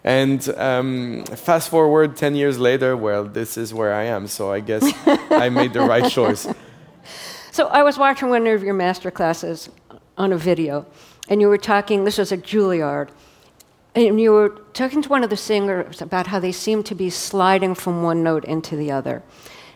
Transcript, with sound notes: And fast forward 10 years later, well, this is where I am. So I guess...
(Laughter).
I made the right choice.
So I was watching one of your masterclasses on a video. And you were talking - this was at Juilliard. And you were talking to one of the singers about how they seemed to be sliding from one note into the other.